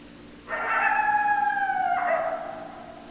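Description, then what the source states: Coyote howl, a strong held tone that steps down in pitch midway and fades after roughly two seconds. Coyotes, more than one, recorded on 10 December 2012.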